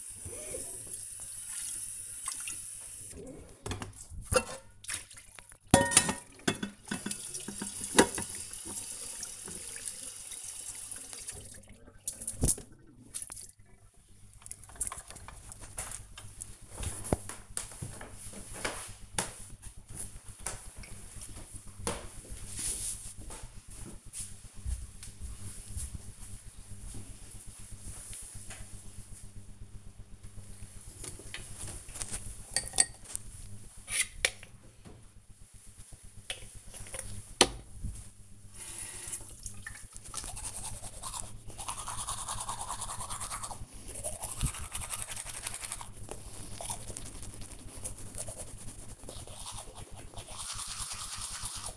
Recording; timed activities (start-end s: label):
household activities, microphone on the right wrist
0.00-13.46 s: washing dishes
29.54-51.77 s: brushing teeth